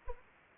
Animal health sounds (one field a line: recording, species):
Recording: mosquito wingbeat signal from an infrared sensor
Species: Anopheles arabiensis